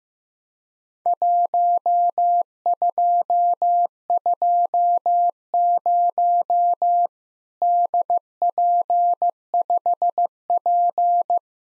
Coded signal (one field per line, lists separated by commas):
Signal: Morse code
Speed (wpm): 15 wpm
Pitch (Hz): 700 Hz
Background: none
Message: 1220 DP5P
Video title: Worked All Europe DX Contest QTC Exchange with Repeats 15wpm